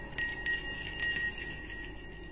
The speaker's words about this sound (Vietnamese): rồi nó bắt đầu ngồi khoanh chân mà lắc chuông. Mỗi một lần mấy hồi chuông, tiếng chuông vang lên theo tiếng kêu gọi của nó, làm cho không gian ở quanh đây như ngừng chuyển động.